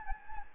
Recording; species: mosquito wingbeat signal from an infrared sensor; Anopheles gambiae